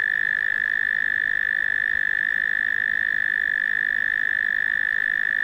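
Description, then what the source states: Cricket song as a constant, ringing high-pitched buzz, unchanging in pitch and loudness throughout. Australian cricket, among various Australian insects.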